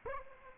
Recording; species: mosquito wingbeat signal from an infrared sensor; Aedes aegypti